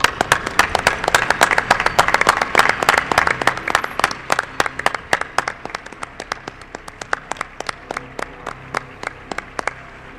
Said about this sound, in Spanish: Yo también quiero ese aplauso, ¿no?, para otra pata importante de la nave del misterio.